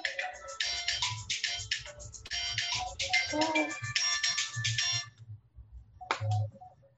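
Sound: phone ringtone ringing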